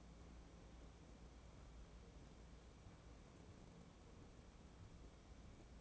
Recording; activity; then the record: daily activity, microphone in the room; wipe stove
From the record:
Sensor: 1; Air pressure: 1012.5 hPa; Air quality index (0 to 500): 142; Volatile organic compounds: 2 ppm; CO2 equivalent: 1166 ppm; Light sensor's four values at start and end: 4176/8141/4101/4233 and 4196/8178/4119/4251